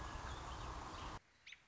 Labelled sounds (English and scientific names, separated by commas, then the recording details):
American Robin (Turdus migratorius)
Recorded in Sonoma County, California